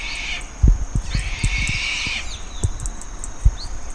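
Bird gives a harsh, hissing screech, with the tail of an earlier one at the start, over dull low thumps and knocks.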